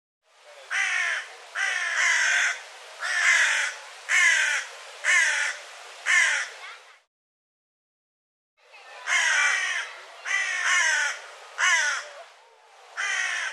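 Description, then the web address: Bird uttering loud, hoarse calls roughly once a second in a steady series, a brief pause, then the same harsh calls resume. "cianscape birddata Deverinetal 2025 File cleaned normalized Bird"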